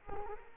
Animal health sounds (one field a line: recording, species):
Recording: mosquito wingbeat signal from an infrared sensor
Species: Culex quinquefasciatus